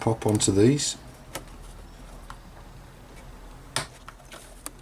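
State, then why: Seated. Someone talks, then a plastic shock absorber end is squeezed onto a suspension ball stud of a Tamiya XV-01 Lancia Delta Integrale RC car in a tight squeeze, with faint taps at about 1.4 s and 2.3 s. It pops on with a sharp click at 3.8 s and is seated, followed by small ticks at about 4.1 s and 4.7 s.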